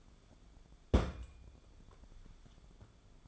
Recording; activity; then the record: daily activity, microphone in the room; place on stove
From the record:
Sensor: 5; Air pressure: 1010.4 hPa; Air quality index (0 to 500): 113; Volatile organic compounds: 2 ppm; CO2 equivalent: 1112 ppm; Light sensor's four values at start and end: 542/1384/573/657 and 554/1404/584/670